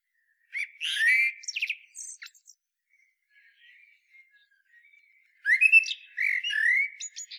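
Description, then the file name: Common blackbird song: two rich, fluty phrases with scratchy high twittered endings, separated by a few seconds of faint, low warbling. "Turdus merula"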